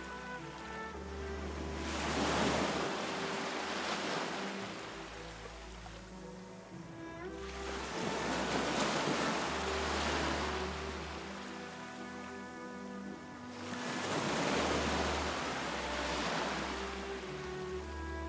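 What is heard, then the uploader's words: Waves roll in with gentle music underneath, the surf swelling into soft hissing washes about every six seconds, near 2, 8 and 14 seconds. Between swells, sustained tones and a low bass line hold steady, the chords shifting slowly beneath the water. The lulling sound of the waves and music.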